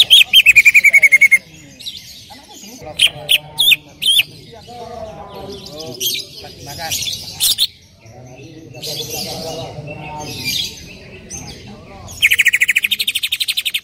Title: CUCAK IJO BETINA GACOR HIPER MEMANGGIL JANTAN